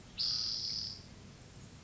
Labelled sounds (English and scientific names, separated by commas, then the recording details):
Spotted Towhee (Pipilo maculatus)
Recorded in Sonoma County, California